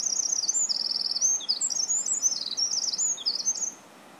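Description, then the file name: Eurasian wren song, a rapid high-pitched stream of trills and sharp notes running almost four seconds before stopping, over faint background hiss. "Troglodytes troglodytes"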